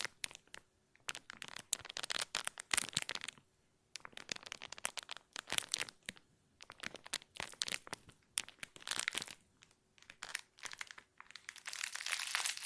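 Plastic crinkling in irregular bursts of sharp, bright crackles and crunches, some quick and clustered, others stretched into dense rustling runs. Brief near-silent gaps fall around four and eleven seconds, and the handling grows busier and more continuous toward the end.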